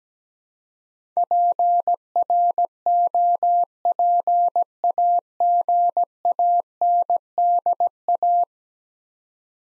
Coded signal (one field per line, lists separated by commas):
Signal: Morse code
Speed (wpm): 17 wpm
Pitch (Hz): 700 Hz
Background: none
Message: PROPAGANDA